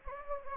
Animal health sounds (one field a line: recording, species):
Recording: mosquito wingbeat signal from an infrared sensor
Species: Anopheles gambiae